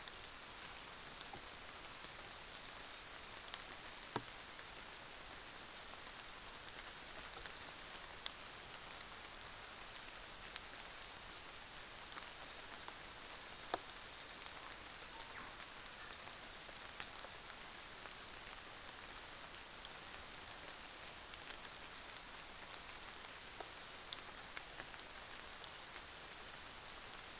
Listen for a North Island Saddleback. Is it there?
no